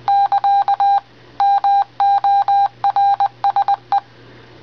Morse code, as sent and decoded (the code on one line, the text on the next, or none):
-.-.- / -- --- .-. ... .
<KA> MORSE